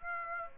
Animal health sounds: mosquito wingbeat signal from an infrared sensor; Aedes aegypti

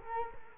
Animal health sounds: mosquito wingbeat signal from an infrared sensor; Culex quinquefasciatus

